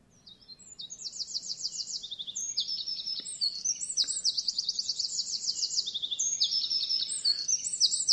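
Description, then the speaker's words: Eurasian wren song, a loud, fast, high-pitched outpouring of trills and rattling notes running continuously for several seconds, with no other sounds behind it. Territorial song recorded in town in Saint-Étienne, France, during the first Covid lockdown, with no background noise; used to illustrate individual identity information in the song. "ça c'est un chant de troglodyte mignon."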